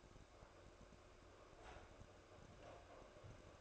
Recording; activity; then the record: daily activity, microphone in the room; make coffee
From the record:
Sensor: 2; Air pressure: 1004.1 hPa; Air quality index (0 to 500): 191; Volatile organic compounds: 11 ppm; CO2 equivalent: 2290 ppm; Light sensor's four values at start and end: 4/11/4/4 and 4/11/4/4